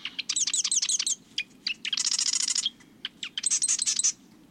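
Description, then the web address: Marsh wren song: three rapid rattling bursts, with sharp clicking notes between them. Song likened to a sewing machine, heard near a marsh in nesting season. "Birdnote. The Marsh Wrens Many Nests"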